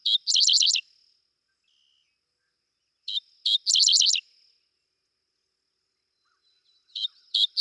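Dickcissel singing a repeated phrase a few seconds apart: one or two sharp lead notes then a rapid stuttering buzz of chips, with quiet gaps between.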